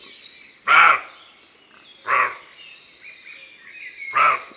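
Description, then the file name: Roe deer barking three times, each a short gruff bark spaced roughly one and a half to two seconds apart, over quiet background. Recorded in a forest. "Imagier Chevreuil Un jour dans la foret"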